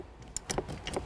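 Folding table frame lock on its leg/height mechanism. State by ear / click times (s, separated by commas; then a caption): not seated / none. A TableMate XL multipurpose adjustable folding table with a cup holder is folded up to lock its frame lock on the leg/height mechanism into place. A series of rattling metallic hits comes at about 0.4, 0.5, 0.6, 0.9, 1.0 and 1.1 seconds. The lock has not engaged or clicked yet.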